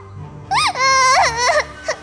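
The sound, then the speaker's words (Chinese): A high, shrill wailing cry from a young girl, rising and falling in several strained bursts with a sobbing, tremulous quality, heard on its own without speech, as something rushes out of a dark loft across a courtyard in the night wind. “有东西从黑暗的阁楼中纵出，伴随着又急又厉的哭声，直愣愣地穿过庭院扑向滕玉意。少女娇滞的哭声越来越近。”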